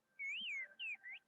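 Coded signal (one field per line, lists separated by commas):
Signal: whistled language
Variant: Turkish kuş dili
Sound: three clear gliding whistled notes rising and falling, like whistled syllables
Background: faint steady hum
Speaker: Bu 300 yıldır konuşuluyor. Hepsini anlatabilir.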